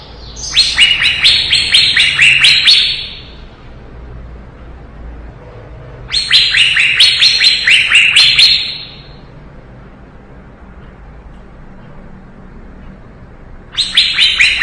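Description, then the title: Leafbird singing long, busy phrases of rapid, high notes, separated by quiet gaps of several seconds, with soft low background noise between them. Lively singing (gacor), 2017. "Suara Burung Cucak Ijo Gacor 2017"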